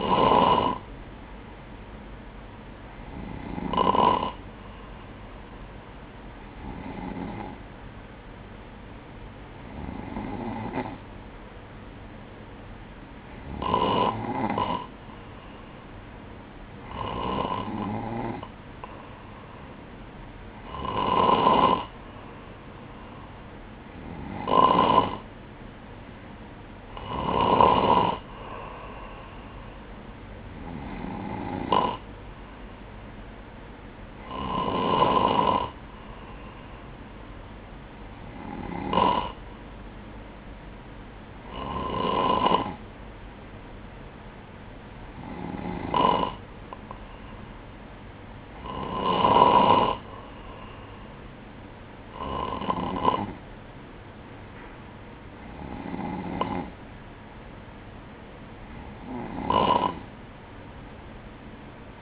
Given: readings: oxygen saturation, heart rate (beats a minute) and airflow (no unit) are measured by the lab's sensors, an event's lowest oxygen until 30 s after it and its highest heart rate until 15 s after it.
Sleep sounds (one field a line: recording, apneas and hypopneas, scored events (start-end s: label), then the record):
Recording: breathing in sleep by a voice recorder at the bedside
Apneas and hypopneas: none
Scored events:
none scored
From the record:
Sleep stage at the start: N3 (deep sleep)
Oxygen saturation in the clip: 95 to 96%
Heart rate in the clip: 60 to 63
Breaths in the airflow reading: 18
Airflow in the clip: -6.0 to 5.2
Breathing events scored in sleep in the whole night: 180 in 6.7 hours asleep